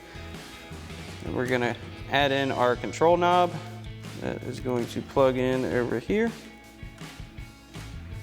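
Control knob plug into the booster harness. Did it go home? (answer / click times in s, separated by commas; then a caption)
no / none. Someone talks over background music while handling the control knob plug for a Bully Dog Thruster throttle booster harness on a 2020-2025 Silverado 2500. The knob's plastic connector is brought to the harness to plug in, but nothing has seated or clicked yet.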